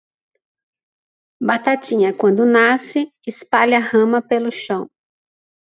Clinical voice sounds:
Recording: short text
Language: Brazilian Portuguese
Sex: female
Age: 40 to 49 years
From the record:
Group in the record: control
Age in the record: 44 years

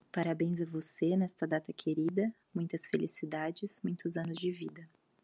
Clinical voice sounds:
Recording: short text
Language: Brazilian Portuguese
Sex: female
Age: 20 to 29 years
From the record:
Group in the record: control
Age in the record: 29 years

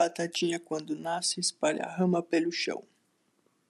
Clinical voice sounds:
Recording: short text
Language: Brazilian Portuguese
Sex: male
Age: 20 to 29 years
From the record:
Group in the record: control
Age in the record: 20 years

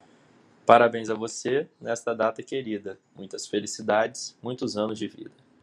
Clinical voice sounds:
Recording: short text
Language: Brazilian Portuguese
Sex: male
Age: 20 to 29 years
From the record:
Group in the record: control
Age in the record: 23 years

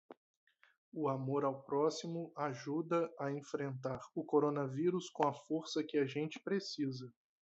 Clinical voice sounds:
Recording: spoken sentence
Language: Brazilian Portuguese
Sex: male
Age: 30 to 39 years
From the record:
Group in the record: control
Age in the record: 30 years

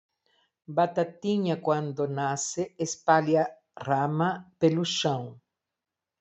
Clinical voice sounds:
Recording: short text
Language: Brazilian Portuguese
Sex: female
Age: 60 to 69 years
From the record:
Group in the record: control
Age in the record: 69 years

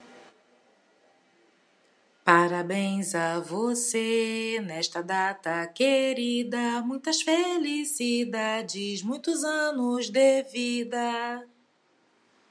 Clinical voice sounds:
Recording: short text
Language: Brazilian Portuguese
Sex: female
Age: 40 to 49 years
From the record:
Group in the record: control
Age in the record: 48 years

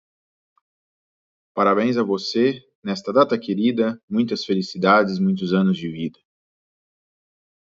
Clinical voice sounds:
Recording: short text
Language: Brazilian Portuguese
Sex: male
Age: 30 to 39 years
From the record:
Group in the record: control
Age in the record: 30 years

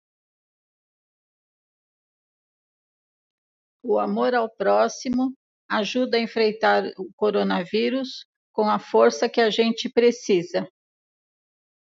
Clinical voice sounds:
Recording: spoken sentence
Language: Brazilian Portuguese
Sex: female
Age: 60 to 69 years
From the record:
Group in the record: control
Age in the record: 65 years

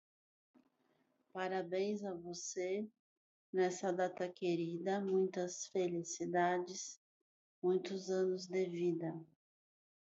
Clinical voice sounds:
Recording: short text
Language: Brazilian Portuguese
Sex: female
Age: 50 to 59 years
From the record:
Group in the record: control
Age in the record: 50 years

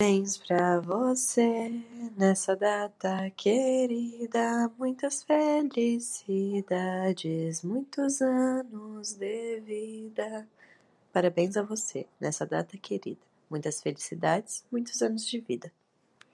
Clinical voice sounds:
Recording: short text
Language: Brazilian Portuguese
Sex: female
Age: 18 to 19 years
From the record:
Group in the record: control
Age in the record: 19 years

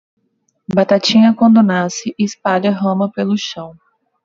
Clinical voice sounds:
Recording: short text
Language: Brazilian Portuguese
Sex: female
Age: 20 to 29 years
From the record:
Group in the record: control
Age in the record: 27 years

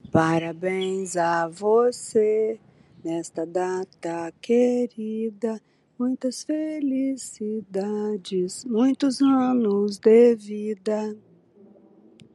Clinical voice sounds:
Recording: short text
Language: Brazilian Portuguese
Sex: female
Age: 60 to 69 years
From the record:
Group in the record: control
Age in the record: 64 years

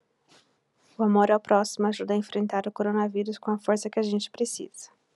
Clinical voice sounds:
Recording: spoken sentence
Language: Brazilian Portuguese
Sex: female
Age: 30 to 39 years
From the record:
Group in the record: control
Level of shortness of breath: 0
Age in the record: 36 years

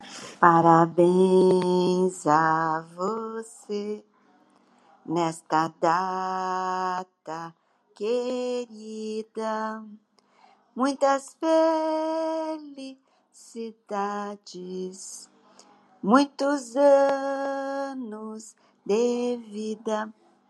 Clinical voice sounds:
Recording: short text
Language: Brazilian Portuguese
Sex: female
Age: 70 to 79 years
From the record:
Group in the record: control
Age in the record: 71 years

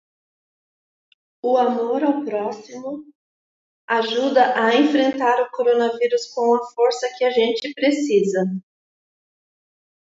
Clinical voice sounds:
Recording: spoken sentence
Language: Brazilian Portuguese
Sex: female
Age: 40 to 49 years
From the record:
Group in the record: control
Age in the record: 45 years

